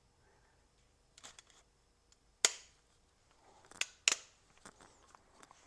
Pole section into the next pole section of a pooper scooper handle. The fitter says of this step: they just clip and snap right in